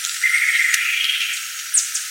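Bird call: a thin, steady whistle near mid pitch lasting about half a second, then a brief very high downslurred chirp, over a faint hiss.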